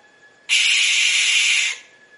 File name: canto da coruja de celeiro